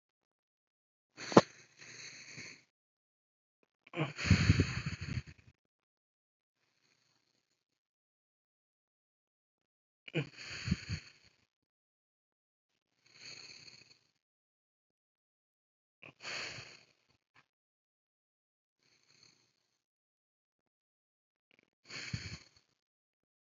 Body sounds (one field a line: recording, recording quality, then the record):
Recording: deep breathing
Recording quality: excellent, no background noise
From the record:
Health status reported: respiratory illness, not identified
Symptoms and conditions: asthma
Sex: male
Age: 26 years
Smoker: not ticked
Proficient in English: yes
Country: United States